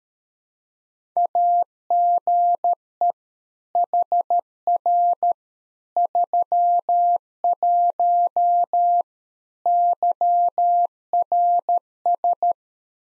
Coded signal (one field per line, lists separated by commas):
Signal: Morse code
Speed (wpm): 13 wpm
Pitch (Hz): 700 Hz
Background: none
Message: AGE HR 31 YRS